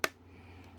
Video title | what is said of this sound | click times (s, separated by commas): MAIL CALL IV SHTF & XERIC FARM | I'm going to gently press till it clicks. | 0.0 s